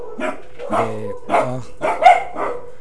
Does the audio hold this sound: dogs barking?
yes